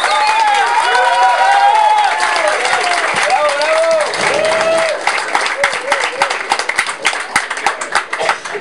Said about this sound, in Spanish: Muchísimas gracias. Un aplauso para las compañeras.